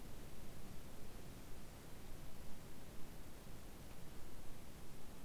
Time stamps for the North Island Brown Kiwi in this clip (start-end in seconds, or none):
none